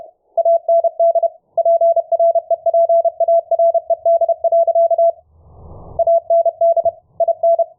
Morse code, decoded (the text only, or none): AND PREPARED. AND IN